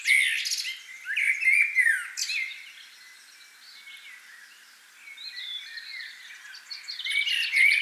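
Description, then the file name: Common blackbird giving rich warbled phrases with squeaky high flourishes at the start and end, a quieter stretch of faint chirps between them. "Turdus merula"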